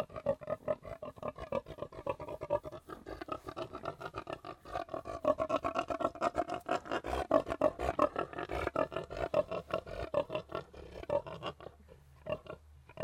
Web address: The BBC Sound Effects Library - Complete 60 CDs Collection (Livestock) Pigs Grunting